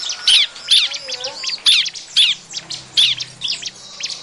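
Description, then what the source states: Bar-winged prinia giving harsh, rasping notes in several loud bursts, mixed with thinner squeaks and chirps. Noisy calling, used as a lure recording to attract birds.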